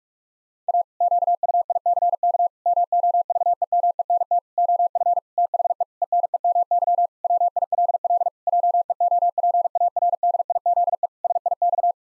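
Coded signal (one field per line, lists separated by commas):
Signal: Morse code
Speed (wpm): 46 wpm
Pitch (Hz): 700 Hz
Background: none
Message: A QUICK MOVEMENT OF THE ENEMY WILL JEOPARDIZE SIX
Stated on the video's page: Morse practice at 45 wpm, pangrams for head-copy, each sent in Morse, spoken, then sent again.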